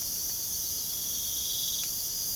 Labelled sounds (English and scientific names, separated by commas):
none